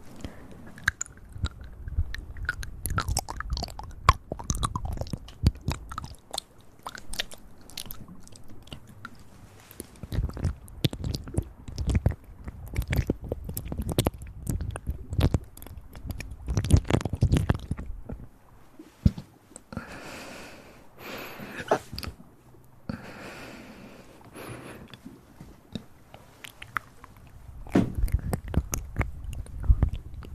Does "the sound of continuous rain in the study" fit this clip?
no